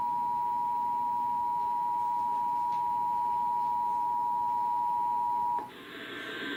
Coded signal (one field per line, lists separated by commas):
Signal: Emergency Alert System (SAME) tones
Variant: 853 and 960 Hz attention tone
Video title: EAS #23-24 - Nebraska Required Monthly Tests